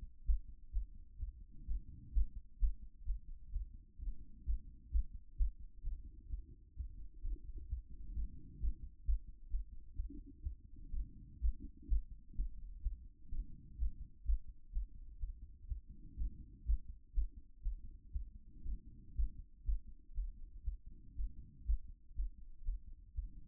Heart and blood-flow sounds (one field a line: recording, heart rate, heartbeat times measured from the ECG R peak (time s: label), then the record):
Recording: heart sounds by stethoscope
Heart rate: 127 bpm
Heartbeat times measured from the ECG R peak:
0.24 s: heartbeat
0.71 s: heartbeat
1.17 s: heartbeat
1.65 s: heartbeat
2.12 s: heartbeat
2.58 s: heartbeat
3.04 s: heartbeat
3.51 s: heartbeat
3.97 s: heartbeat
4.44 s: heartbeat
4.90 s: heartbeat
5.36 s: heartbeat
5.82 s: heartbeat
6.28 s: heartbeat
6.75 s: heartbeat
7.22 s: heartbeat
7.67 s: heartbeat
8.13 s: heartbeat
8.59 s: heartbeat
9.04 s: heartbeat
9.49 s: heartbeat
9.94 s: heartbeat
10.41 s: heartbeat
10.90 s: heartbeat
11.39 s: heartbeat
11.87 s: heartbeat
12.34 s: heartbeat
12.81 s: heartbeat
13.29 s: heartbeat
13.77 s: heartbeat
14.24 s: heartbeat
14.71 s: heartbeat
15.18 s: heartbeat
15.66 s: heartbeat
16.15 s: heartbeat
16.64 s: heartbeat
17.13 s: heartbeat
17.61 s: heartbeat
18.11 s: heartbeat
18.62 s: heartbeat
19.14 s: heartbeat
19.63 s: heartbeat
20.13 s: heartbeat
20.62 s: heartbeat
21.14 s: heartbeat
21.64 s: heartbeat
22.14 s: heartbeat
22.63 s: heartbeat
23.13 s: heartbeat
From the record:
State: after exercise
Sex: female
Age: 37 years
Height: 160 cm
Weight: 68 kg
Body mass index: 26.56